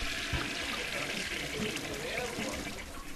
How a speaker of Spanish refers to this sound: Y estamos parando, porque lo estamos llenando un balde, a ver si con el balde, porque ya no carga más, ¿viste?